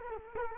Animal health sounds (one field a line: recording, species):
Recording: mosquito wingbeat signal from an infrared sensor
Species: Culex quinquefasciatus